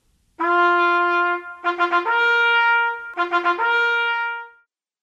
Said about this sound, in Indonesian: Bagus sekali anak-anak. Itu adalah suara trompet.